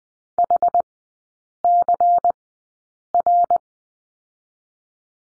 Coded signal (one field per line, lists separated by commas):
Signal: Morse code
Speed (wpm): 20 wpm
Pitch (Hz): 700 Hz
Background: none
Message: HCR